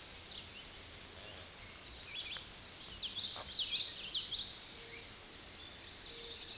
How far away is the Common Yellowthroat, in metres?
about 20 m